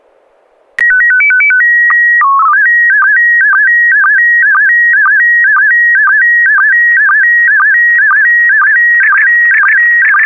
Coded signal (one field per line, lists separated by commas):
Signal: SSTV (slow-scan television)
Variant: PD 120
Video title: N6NA SSTV Net - 04/13/2022 - ISS SSTV Event "Women in Space"